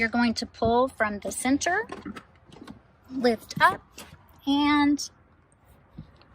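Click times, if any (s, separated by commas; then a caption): none. Someone talks while the third-row seat bottom cushion of a 2021 Lexus GX is pulled from the center and lifted toward its seat latch, with a few faint handling knocks between the words. Nothing has seated or clicked into place yet.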